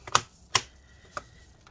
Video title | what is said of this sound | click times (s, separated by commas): HP Pavilion x360 m Convertible 14m-ba114dx Disassembly Keyboard Trackpad Battery Fan Repair | all right so now we got everything all clicked back into place let's go ahead and power it up and make sure | 0.1 s, 0.6 s, 1.2 s